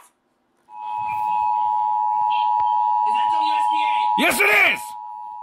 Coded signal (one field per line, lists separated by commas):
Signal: Emergency Alert System (SAME) tones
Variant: 853 and 960 Hz attention tone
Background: speech